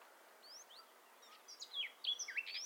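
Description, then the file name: Eurasian blackcap song: a quiet opening of thin, scattered notes, then a loud, hurried warble of varied high, slurred phrases over the last second, with faint background hiss. "Sylvia atricapilla"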